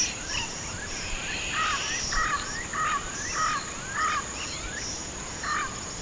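Bird calls, a series of harsh notes repeated about every half second, over a continuous high-pitched drone.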